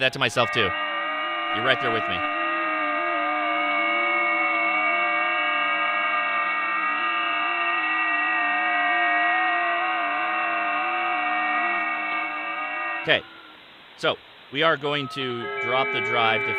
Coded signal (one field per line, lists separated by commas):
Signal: FT8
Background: speech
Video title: HF Signals zBitX. Internal FT8, All Band All Mode, Pocket SDR Ham Radio!